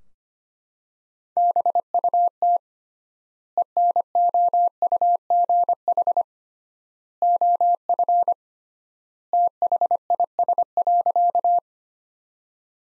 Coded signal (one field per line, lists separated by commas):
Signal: Morse code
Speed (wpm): 25 wpm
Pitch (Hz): 700 Hz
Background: none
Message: BUT ENOUGH OF THIS.